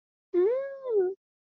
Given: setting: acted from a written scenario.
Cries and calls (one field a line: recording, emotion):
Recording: vocal sound without words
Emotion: disgust